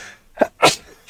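A brief voiced catch of breath is followed a moment later by a single sharp, explosive, hissing burst: one spontaneous adult sneeze. The whole event lasts under half a second, with quiet room tone before and after.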